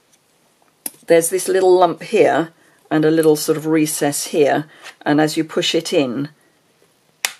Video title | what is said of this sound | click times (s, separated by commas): If you needed a reason to Join My Team, THIS is it! New Stampin Up Trimmer Review | clicks into place so it is held the the screw | 7.2 s